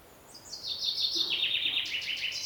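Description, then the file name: Common chaffinch song: a quick, high trilled phrase that steps downward in pitch and ends in a lively rattling flourish, with soft steady background noise. "Fringilla coelebs"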